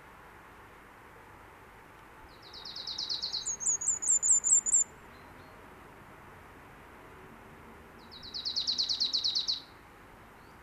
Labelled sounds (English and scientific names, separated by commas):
Willow Tit (Poecile montanus) song